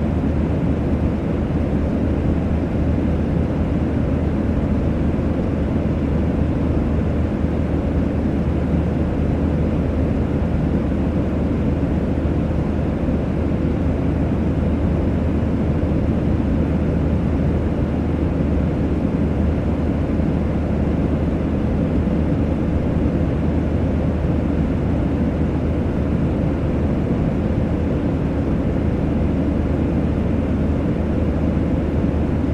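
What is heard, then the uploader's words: Steady airplane cabin noise: a dense, constant low roar with a firm hum at the bottom and little in the high end. It holds at an even level for the whole stretch, with no distinct events, voices or changes. Airplane White Noise.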